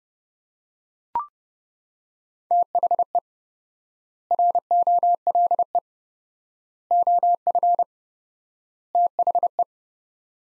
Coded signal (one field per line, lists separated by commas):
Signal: Morse code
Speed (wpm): 30 wpm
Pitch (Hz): 700 Hz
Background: none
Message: THE ROLE OF THE